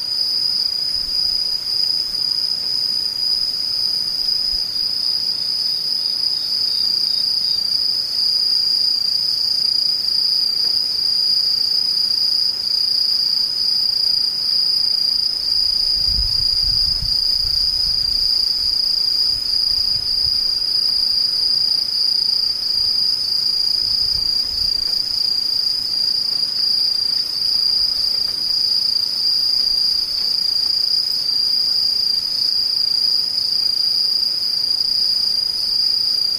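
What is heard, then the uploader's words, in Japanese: A dense shower of insect song, crickets trilling without a break in a steady, high, piercing whine with fainter, even higher layers above it. Around sixteen to eighteen seconds, and briefly near twenty-four, a soft low rumble passes underneath. ムシ雨。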